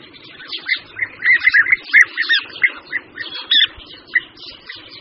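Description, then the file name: European bee-eater calls, rolling burry chirps in uneven clusters, some overlapping, over a faint low background hum. "Vlha-pestrá"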